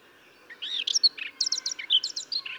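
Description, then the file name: Eurasian blackcap giving a short burst of scratchy, chattering warbled notes over a low background hum. "Sylvia atricapilla"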